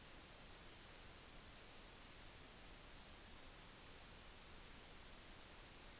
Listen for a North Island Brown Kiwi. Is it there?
no